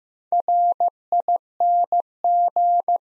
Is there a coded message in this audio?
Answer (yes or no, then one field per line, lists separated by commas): yes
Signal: Morse code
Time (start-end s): 0.3-3.0 s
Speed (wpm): 15 wpm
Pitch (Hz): 700 Hz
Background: none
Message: RING